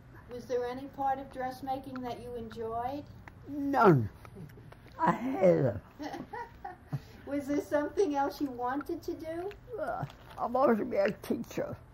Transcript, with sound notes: Was there any part of dressmaking that you enjoyed?
None. I hated it.
[laughs] Was there something else you wanted to do?
I wanted to be a teacher.